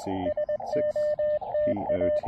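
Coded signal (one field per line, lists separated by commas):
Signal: Morse code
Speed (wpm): 20 wpm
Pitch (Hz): 590 Hz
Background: radio noise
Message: SOTA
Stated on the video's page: QRP Summits On The Air activation on Hibriten Mountain, including operation on 17 meters.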